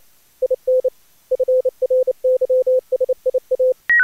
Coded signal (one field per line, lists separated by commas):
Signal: Morse code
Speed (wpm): 28 wpm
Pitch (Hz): 510 Hz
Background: none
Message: IN FRYSIA